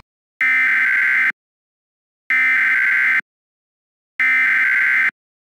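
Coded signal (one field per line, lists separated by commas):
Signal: Emergency Alert System (SAME) tones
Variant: header bursts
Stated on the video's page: Mock EAS alert for a fictional city: Dust Storm Warning and PDS Severe Thunderstorm Warning.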